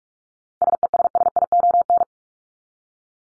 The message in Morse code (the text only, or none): SESSION